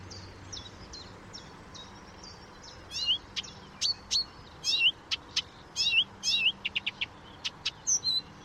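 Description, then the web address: Blyth's reed warbler song opening with a faint run of evenly spaced high notes, then louder mixed whistles, sharp clicks and short buzzy phrases. "chant didier collin rousserolle des buissons"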